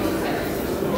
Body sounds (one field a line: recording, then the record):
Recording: background sound without coughing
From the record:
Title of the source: 40 min - Ambience sounds UNIVERSITY lunchroom chatting